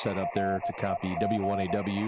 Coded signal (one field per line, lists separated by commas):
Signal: Morse code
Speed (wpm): 18 wpm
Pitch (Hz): 690 Hz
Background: speech, radio noise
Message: REG